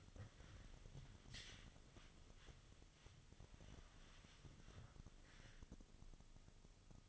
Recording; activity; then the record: daily activity, microphone in the room; wipe stove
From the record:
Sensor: 4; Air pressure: 1005.7 hPa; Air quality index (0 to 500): 101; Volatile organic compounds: 2 ppm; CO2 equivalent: 1251 ppm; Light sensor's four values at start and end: 12/27/10/10 and 11/26/10/10